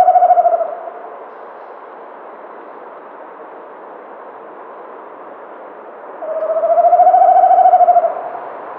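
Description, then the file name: Tawny owl hooting, a short hoot at the start, then after a long pause a drawn-out wavering hoot lasting about two seconds. "kattugle"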